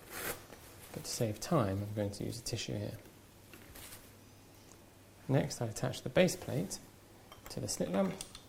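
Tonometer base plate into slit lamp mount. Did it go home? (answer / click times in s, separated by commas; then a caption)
no / none. Someone talks while a tonometer base plate is handled and brought toward its mount on a slit lamp, with faint brief handling sounds in the quiet gap around 3.5 to 4.7 seconds. The base plate has not seated or clicked into the slit lamp yet.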